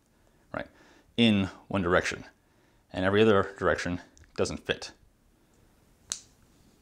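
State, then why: Seated. Two keyed plastic halves of a Mini-Fit Jr style wire-to-wire connector housing are pushed together in the one direction they fit while someone talks. A sharp click sounds at 6.1 s as the housing locks into its mating housing, fully seated.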